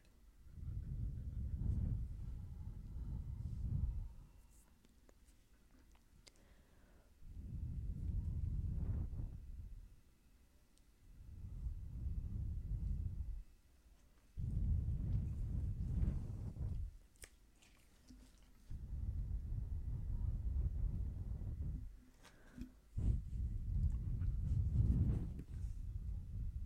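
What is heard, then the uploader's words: Low, rumbling bursts of breath-like air come in regular waves about every three to four seconds, separated by near silence, with faint clicks between. Blow/Wind Sounds - Wind noise, air sounds, breathing, etc. Some of the air sounds a little close and some far away.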